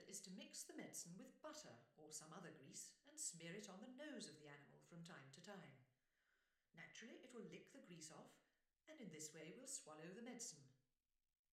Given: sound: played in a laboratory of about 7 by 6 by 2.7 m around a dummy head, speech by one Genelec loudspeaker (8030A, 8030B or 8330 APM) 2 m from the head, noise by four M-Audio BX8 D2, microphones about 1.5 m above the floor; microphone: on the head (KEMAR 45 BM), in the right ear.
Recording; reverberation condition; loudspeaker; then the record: female speech in English; medium; 90 degrees to the right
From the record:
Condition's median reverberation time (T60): about 510 ms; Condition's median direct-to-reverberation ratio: about -0.5 dB